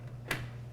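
A case cable connector is lined up and pushed onto a motherboard header, and a single sharp click sounds at 0.3 s over a steady low hum. The connector is seated on the header.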